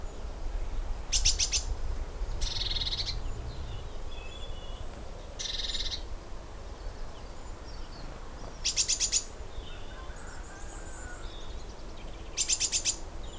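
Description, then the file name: Great tit calls: short rattling bursts of rapid ticks, several spaced across thirteen seconds, mixed with harsher buzzy notes over a steady low rumble. "Parus major"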